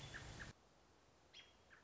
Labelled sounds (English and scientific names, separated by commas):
American Robin (Turdus migratorius)